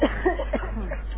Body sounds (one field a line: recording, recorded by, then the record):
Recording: voluntary cough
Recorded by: telephone call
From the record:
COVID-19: positive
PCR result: checked with the laboratory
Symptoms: no